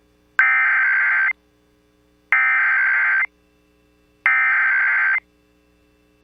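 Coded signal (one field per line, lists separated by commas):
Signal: Emergency Alert System (SAME) tones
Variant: header bursts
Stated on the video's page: Real statewide AMBER Alert EAS activation from the state highway patrol, relayed by the National Weather Service.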